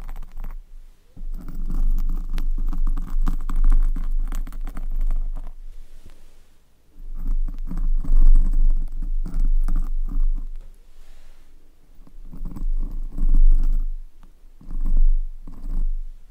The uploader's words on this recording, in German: Mic Scratching. In dieser Folge erzeuge ich mit meinem Mikrofon Schutz Kratzgeräusche.